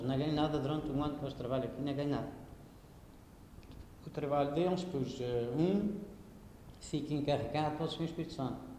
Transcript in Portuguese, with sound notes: Não ganham nada durante um ano com este trabalho aqui, não ganham nada! [pausa] O trabalho deles, pois, é: um fica encarregado para o Senhor Espírito Santo…